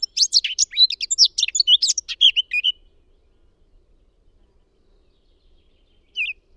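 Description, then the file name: Eurasian blackcap song: a dense, rapid scratchy warble for nearly three seconds, then quiet with one short note near the end. "Sylvia atricapilla"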